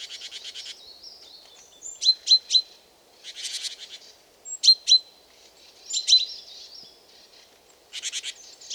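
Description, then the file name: Great tit uttering grating churr bursts alternating with bright clipped notes, in irregular clusters. "Parus major"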